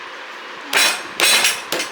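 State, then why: Seated. A person sits on a seat-type product so its locking mechanism engages. After a broadband rush around 0.7 s, two sharp clicks land at 1.2 s and 1.7 s as the lock engages. The seat is locked and will not lift back up.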